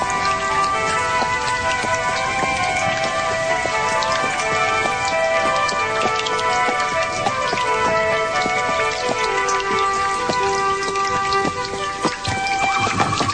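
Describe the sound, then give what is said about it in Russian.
Heavy rain pours down steadily on a hot day, about three versts from a station, soaking a traveller through; a dense, constant hiss with countless drops pattering and splashing throughout, loud and unbroken from start to finish with no voices. “В трех верстах от станции стало накрапывать, и через минуту проливной дождь вымочил меня до последней нитки.”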